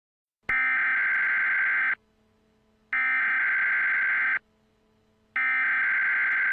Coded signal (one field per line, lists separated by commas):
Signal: Emergency Alert System (SAME) tones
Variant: header bursts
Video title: EAS scenario #1 - That's no lunar eclipse...